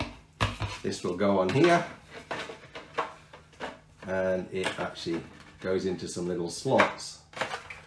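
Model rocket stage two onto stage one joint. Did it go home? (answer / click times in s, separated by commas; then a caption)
yes / 7.4 s, 7.7 s. A 3D-printed plastic Saturn V model rocket stage two is fitted onto stage one, its tabs slotted in and turned at the joint while someone talks. Crunchy plastic clicks sound at 7.4 and 7.7 seconds as the twist-lock engages and the stage seats.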